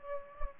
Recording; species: mosquito wingbeat signal from an infrared sensor; Aedes aegypti